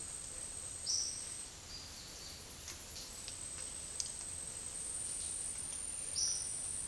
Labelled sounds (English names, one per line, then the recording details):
Olive-faced Flatbill
Great Kiskadee
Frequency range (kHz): Olive-faced Flatbill 4.0-6.9 kHz; Great Kiskadee 3.4-5.4 kHz
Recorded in dense forest near Puerto Asís, Putumayo, Colombia, on 20 February 2024 at 13:00
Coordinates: 0.503, -76.322
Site G6418